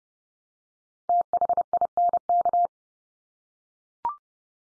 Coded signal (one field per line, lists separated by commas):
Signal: Morse code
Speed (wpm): 30 wpm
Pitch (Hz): 700 Hz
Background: none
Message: THINK